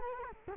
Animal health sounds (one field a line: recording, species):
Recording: mosquito wingbeat signal from an infrared sensor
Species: Culex quinquefasciatus